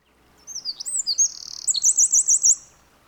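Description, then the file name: Eurasian wren with a brisk, piercing song: swooping whistles, a tight trill, then a run of evenly spaced chirping notes. "Troglodytes troglodytes"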